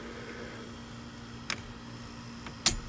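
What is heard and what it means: A steering wheel is fitted onto a quick-release short hub. Over a steady low hum, there is a metallic clack at about 1.5 s and a fainter tap near 2.5 s. A sharp, loud click at 2.7 s marks the quick release locking on, and the wheel is seated.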